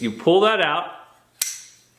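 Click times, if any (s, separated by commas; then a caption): 1.4 s. Someone talks, then pulls the arm of a collapsible wall shelf bracket outward, and a single sharp click at 1.4 s marks it locking into its open position. The arm pops into place and the bracket is seated open.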